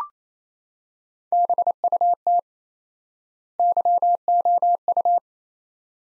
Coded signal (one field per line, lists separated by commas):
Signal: Morse code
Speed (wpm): 27 wpm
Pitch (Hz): 700 Hz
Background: none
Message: BUT YOU